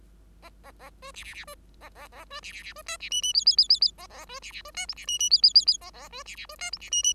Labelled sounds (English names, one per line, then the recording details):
Bengalese Finch song
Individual Bird5